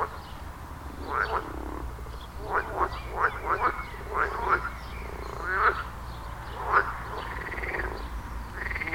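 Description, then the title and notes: Frogs croaking in short rasping bursts at irregular intervals, then a rolling croak at the end, low hum underneath. Frog chorus at the village pond in Wohlsborn, Germany; recorded with a TASCAM DR-40X. "Wohlsborn, Deutschland - Froschkonzert. Frog concert. Froschkonzert am Dorfteich in Wohlsborn"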